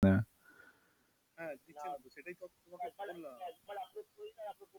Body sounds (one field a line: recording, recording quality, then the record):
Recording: sustained vowel as in boot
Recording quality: poor, much background noise or distortion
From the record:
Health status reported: COVID-19 positive, mild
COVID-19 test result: positive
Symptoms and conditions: fatigue, hypertension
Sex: male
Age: 30 years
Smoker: yes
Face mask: worn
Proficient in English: yes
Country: India